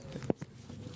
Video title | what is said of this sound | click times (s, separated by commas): Unveiling the Powerhouse Duo: Blaser R8 & Swarovski DS Gen 2 in the Wild | It's just there's quite a loud sort of click, but it's no difference. | 0.3 s